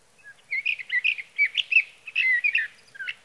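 Sage thrasher song of quick, tumbling warbled notes with brief pauses between bursts, in an otherwise quiet background.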